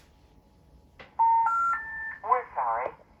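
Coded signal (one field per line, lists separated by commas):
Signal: telephone call progress tone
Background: speech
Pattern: special information tone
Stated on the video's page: Telephone call progress tones from a software simulation of the computer systems from the 1983 film Wargames, including its dialer.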